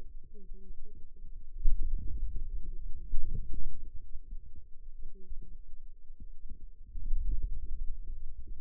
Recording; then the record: forearm muscle sounds (acoustic myography)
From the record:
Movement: wrist flexion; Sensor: system 2, bracelet of six BSWA MPA416 microphones around the upper forearm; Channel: 2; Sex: female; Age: 21 years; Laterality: right